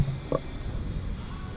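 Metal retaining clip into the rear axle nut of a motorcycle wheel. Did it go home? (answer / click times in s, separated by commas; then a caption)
yes / 0.3 s. On the single-sided swingarm of a Ducati Supersport S, during a rear rim install, the metal retaining clip is pushed into place on the lined-up rear axle nut. A single short, sharp snap is heard at 0.4 s over a low steady background rumble. The clip seats fully and goes in easily.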